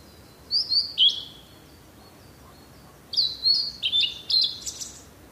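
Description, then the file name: Blue-and-white flycatcher giving two song phrases: first two quick downward whistles, then after a pause a longer run of whistled notes closing with a buzzy ending. "oruri"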